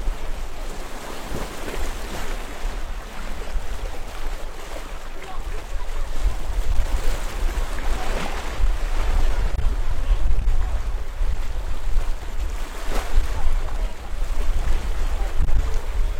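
Waves wash steadily over rocks along a seawall on the east coast of Shantou, with a constant rumble of wind underneath. Splashes surge at roughly two-second intervals, with stronger bursts near 8 and 13 seconds, and the sound grows louder after six seconds.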